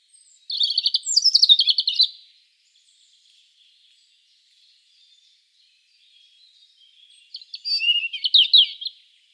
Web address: SETE Erithacus rubecula